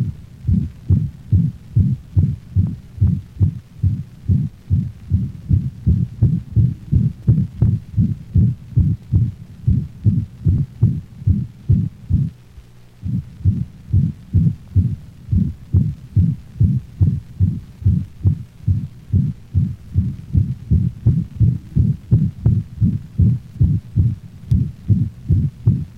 The holosystolic murmur is so loud and prolonged that the second heart sound is obliterated, giving the impression of only one prolonged sound.